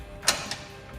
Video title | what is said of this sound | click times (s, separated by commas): Best Weight Distribution Hitch on the Market Recurve 3 Easy Simple Great Value | we're going to lock it in | 0.3 s